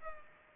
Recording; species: mosquito wingbeat signal from an infrared sensor; Culex pipiens